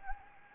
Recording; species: mosquito wingbeat signal from an infrared sensor; Anopheles gambiae